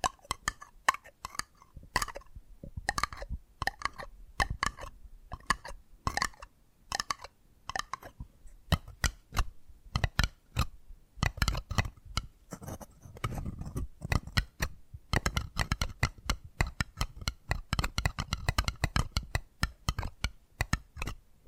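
Rapid, sharp tapping triggers, dense irregular clicks and knocks throughout, with deeper thuddy taps clustering in the middle and later stretches.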